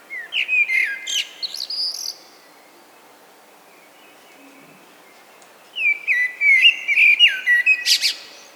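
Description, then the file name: Common blackbird, two song phrases of fluty whistles followed by high squeaky flourishes, with a quiet gap of several seconds between them. "Turdus merula"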